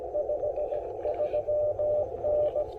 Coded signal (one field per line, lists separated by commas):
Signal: Morse code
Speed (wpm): 17 wpm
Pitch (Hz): 590 Hz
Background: none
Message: 53N